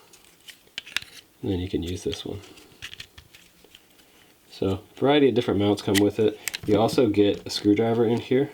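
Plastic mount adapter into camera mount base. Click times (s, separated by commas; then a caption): 0.8 s, 1.0 s. A plastic mount adapter slides into a plastic camera mount base and locks into place with a double click at 0.8 and 1.0 seconds. After some faint handling noises, someone talks.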